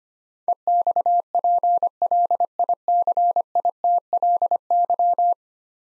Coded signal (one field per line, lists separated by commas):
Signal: Morse code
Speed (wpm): 25 wpm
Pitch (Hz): 700 Hz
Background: none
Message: EXPLICITLY